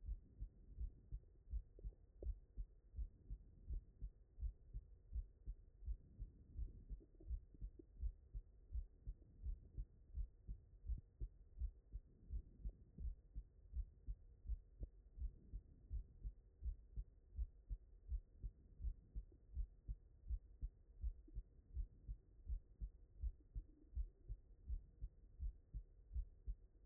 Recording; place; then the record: heart sounds by stethoscope; mitral valve (MV)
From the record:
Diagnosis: non-HFrEF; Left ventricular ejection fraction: 50%